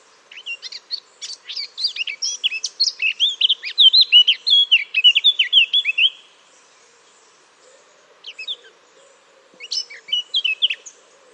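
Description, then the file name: Eurasian blackcap song: a long, rich warble of quick scratchy notes sliding into loud fluty whistles, followed by two short quieter phrases. "Sylvia atricapilla"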